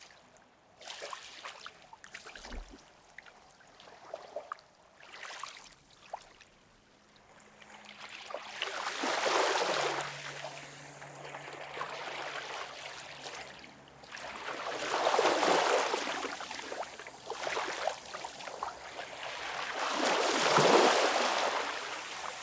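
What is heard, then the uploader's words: Ocean water washes up on sand in three big surges near 9, 15 and 20 seconds, with a low engine-like hum underneath. WATRWave_OceanWashingUpOnSand.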